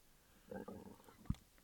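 Brief low, bubbling gurgles from an adult's abdomen followed by a single deep thud: ordinary stomach rumbling, normal bowel sounds, with the gurgling ongoing.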